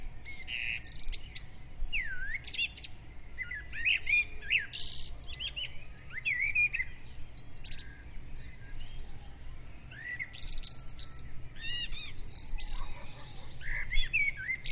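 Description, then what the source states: Chorus of songbirds with looping whistles, buzzy notes and fast chirping bursts, tumbling over each other; quiet rumbling background. Birds' dawn praise (dawn chorus), recorded with a ZOOM recorder.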